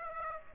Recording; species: mosquito wingbeat signal from an infrared sensor; Aedes aegypti